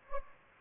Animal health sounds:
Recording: mosquito wingbeat signal from an infrared sensor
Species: Anopheles gambiae

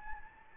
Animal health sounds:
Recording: mosquito wingbeat signal from an infrared sensor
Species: Anopheles gambiae

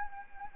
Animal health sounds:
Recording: mosquito wingbeat signal from an infrared sensor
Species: Anopheles arabiensis

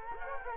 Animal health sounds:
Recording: mosquito wingbeat signal from an infrared sensor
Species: Culex quinquefasciatus

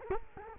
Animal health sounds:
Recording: mosquito wingbeat signal from an infrared sensor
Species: Culex quinquefasciatus

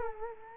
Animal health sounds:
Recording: mosquito wingbeat signal from an infrared sensor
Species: Culex quinquefasciatus

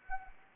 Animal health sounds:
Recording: mosquito wingbeat signal from an infrared sensor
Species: Anopheles arabiensis

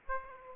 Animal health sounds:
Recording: mosquito wingbeat signal from an infrared sensor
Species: Aedes aegypti

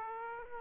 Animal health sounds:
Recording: mosquito wingbeat signal from an infrared sensor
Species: Aedes aegypti

